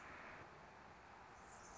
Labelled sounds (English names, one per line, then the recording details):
Anna's Hummingbird
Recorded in Sonoma County, California